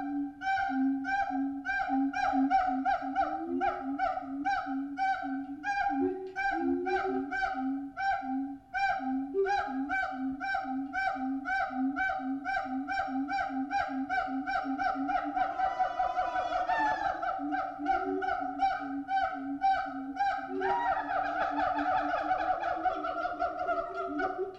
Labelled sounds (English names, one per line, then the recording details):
Siamang
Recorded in captivity
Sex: pair
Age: adult
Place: Zoo Berlin, Berlin, DE
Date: 1985-09-13
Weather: sonnig, 14 - 18°C
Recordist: Tembrock, Günter